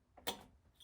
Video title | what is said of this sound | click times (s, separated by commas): How To Change Lawn Mower Spark Plug | there we go if you don't push till you hear a click and you just kind of set it on there you're going to get barely any spark that's not going to start at all | 0.3 s